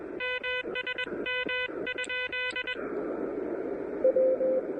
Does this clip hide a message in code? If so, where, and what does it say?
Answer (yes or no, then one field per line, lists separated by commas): yes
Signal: Morse code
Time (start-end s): 0.2-2.7 s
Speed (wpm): 21 wpm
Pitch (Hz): 2500 Hz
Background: none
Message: MSM ?